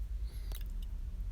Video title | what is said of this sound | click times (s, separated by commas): Fuel Pump Replacement On A 2001-2006 Nissan Altima | a click so you want to make sure you hear that click and then even give it a little tug to make sure it does not pop back off | 0.6 s